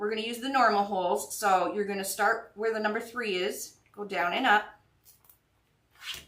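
A crafter preloads row 3 of a plastic wreath-making board, threading a fastener tie down and up through the normal holes while someone talks for most of the clip. Faint handling sounds follow near 5.3 s, then quiet. The tie has not clicked or locked into the board yet.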